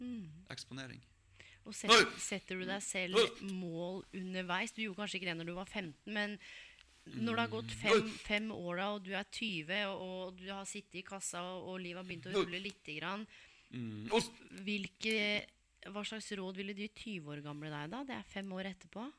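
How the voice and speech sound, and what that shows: A woman asks questions in Norwegian at a relaxed pace, with brief fillers and ordinary repeats; normal fluent speech.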